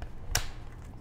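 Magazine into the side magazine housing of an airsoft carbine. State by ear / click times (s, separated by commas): seated / 0.3 s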